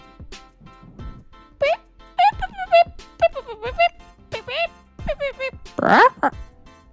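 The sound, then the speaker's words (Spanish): A voice imitates chicks peeping with a rapid string of short, high, wavering chirps in uneven bursts. A louder squeaky cluster comes near the end. “Los pollitos pían.”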